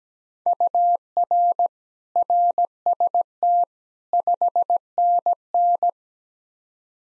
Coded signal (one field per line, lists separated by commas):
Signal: Morse code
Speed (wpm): 17 wpm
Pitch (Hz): 700 Hz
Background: none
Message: UR RST 5NN